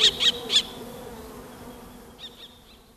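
Common kestrel calling: three loud, sharp notes at the start, then fainter repeated notes trailing off later.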